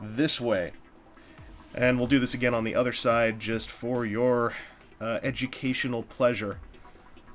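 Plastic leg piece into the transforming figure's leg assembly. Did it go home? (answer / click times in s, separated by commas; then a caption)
no / none. A plastic leg piece of a transforming toy figure is being handled and pushed toward its leg assembly on the second side while someone talks. Faint handling ticks are heard around 1.4 s and at 7.4 s. Nothing has seated or clicked yet.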